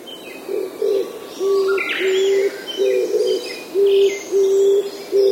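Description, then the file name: Oriental turtle dove giving deep coos in a phrase of several notes, while other birds chirp faintly in the background. "kijibato"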